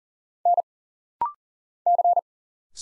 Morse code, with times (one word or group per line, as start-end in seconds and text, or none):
0.5-0.6 N
1.9-2.2 C